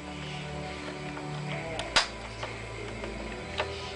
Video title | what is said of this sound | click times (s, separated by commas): XBOX 360 Disassembly | And when you hear a popping sound, that means they come off. | 2.0 s